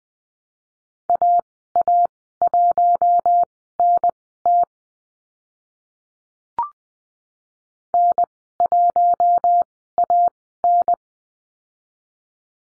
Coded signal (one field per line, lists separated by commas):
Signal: Morse code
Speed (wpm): 20 wpm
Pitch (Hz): 700 Hz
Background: none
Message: AA1NT N1AN